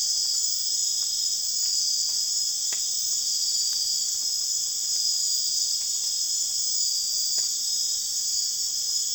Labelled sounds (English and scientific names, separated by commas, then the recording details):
none
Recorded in secondary vegetation near Puerto Asís, Putumayo, Colombia, on 30 June 2025 at 02:30
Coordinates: 0.485, -76.322
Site GP06